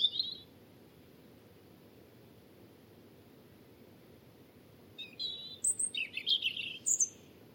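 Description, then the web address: European robin song: one thin high note at the start, then after a pause a quick phrase of high, varied warbling notes over a low background rumble. "Deverinetal 2025 File origin Bird Only Er Ru"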